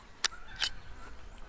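The release lever on a rifle scope mount is pulled back, and an Oneleaf NV100 Commander clip-on digital night vision camera comes undone with a sharp click at 0.3 s. A second, softer click follows at 0.6 s over a low background hiss. The camera is released from the mount.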